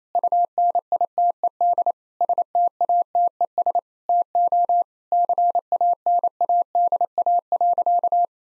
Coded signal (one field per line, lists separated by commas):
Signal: Morse code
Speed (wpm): 27 wpm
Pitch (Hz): 700 Hz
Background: none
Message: UNITED STATES TO CANADA.